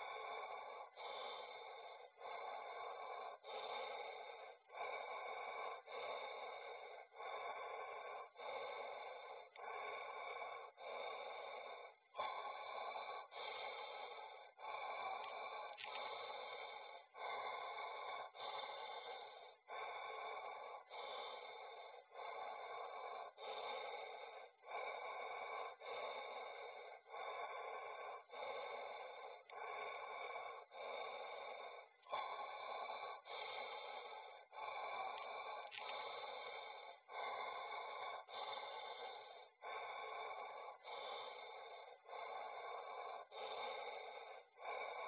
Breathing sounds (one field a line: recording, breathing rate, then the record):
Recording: paced breathing near a phone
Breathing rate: 24 breaths a minute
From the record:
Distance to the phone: 40 cm